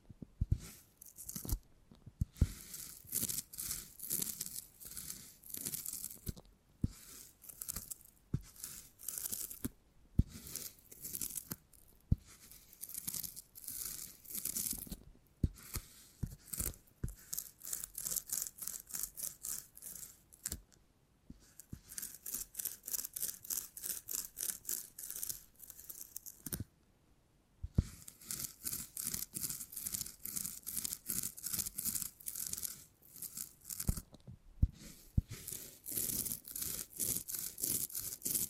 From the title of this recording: Brain Tingly Sounds Using Beeswax